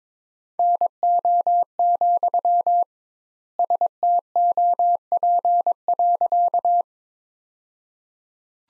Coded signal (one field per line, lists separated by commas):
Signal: Morse code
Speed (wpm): 22 wpm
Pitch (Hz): 700 Hz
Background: none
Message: NO, STOP.